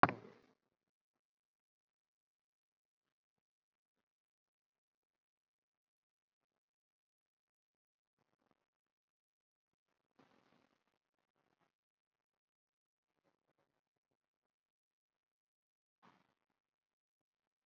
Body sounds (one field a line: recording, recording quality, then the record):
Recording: deep breathing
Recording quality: poor, much background noise or distortion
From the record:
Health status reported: COVID-19 positive, mild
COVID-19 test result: positive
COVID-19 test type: RT-PCR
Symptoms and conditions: sore throat, diabetes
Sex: male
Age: 62 years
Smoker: no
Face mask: worn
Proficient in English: no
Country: India